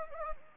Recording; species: mosquito wingbeat signal from an infrared sensor; Anopheles gambiae